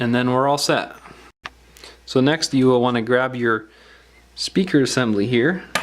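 Someone talks while picking up the loudspeaker assembly, a small plastic module, to press it into the midframe of an LG G3 smartphone during a screen replacement repair. A few faint, short handling ticks come in the quiet pause between the speech. Nothing has seated or clicked yet.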